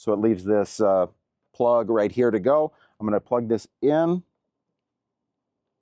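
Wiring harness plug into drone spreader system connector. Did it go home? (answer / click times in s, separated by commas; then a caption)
no / none. A hard-wired plug is handled next to the spreader system connector on a DJI Agras T20P agricultural drone while someone talks. No click or snap is heard, and the plug has not seated yet.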